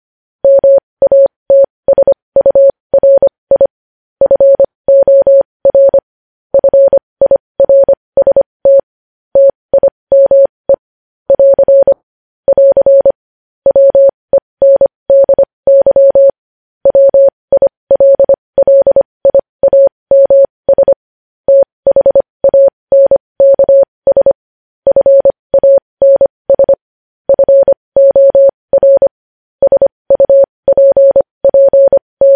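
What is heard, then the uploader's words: Morse code sent as a single steady mid-pitched tone, keyed on and off in quick short and long bursts with brief silences between. The rhythm stays brisk and even for the whole half minute, clean, with no other sounds behind it. Morse code transcription.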